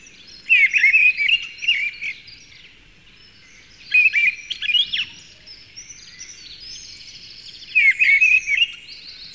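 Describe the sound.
Bird song in three short phrases of twisting whistled notes, spaced about three to four seconds apart.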